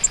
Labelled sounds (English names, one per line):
Grace's Warbler flight call